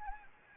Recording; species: mosquito wingbeat signal from an infrared sensor; Anopheles gambiae